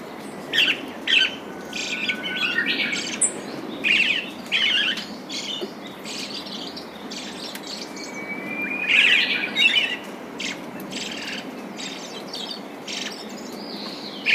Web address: izumino saunndo akahara